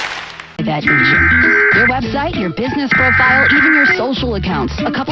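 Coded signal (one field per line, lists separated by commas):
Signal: Emergency Alert System (SAME) tones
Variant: header bursts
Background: speech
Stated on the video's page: Personally captured emergency alerts, including an erroneous alert from a radio station.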